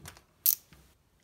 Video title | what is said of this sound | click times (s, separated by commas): Lee Load-all 2 tips for each station | You hear that little click? | 0.5 s